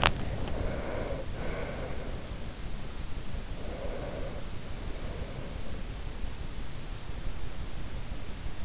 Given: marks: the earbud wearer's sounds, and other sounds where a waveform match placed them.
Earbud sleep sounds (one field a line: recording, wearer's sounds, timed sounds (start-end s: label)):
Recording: sounds in sleep by an in-ear microphone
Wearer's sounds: breath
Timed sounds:
0.28-2.33 s: breath
3.73-5.90 s: breath